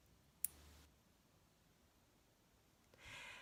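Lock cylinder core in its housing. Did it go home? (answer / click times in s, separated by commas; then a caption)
yes / 0.4 s. A reinserted metal lock cylinder core is twisted inside its lock housing until the pin holes of core and housing line up and the spring-loaded pins drop back down. A sharp snap at 0.5 s marks the core seating, followed by a short faint ring and near silence. From about 3.0 s a soft broadband rustle rises, ending in a low thump near 3.5 s.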